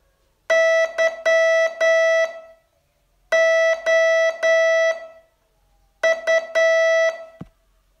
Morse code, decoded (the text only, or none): YOU